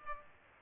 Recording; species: mosquito wingbeat signal from an infrared sensor; Aedes aegypti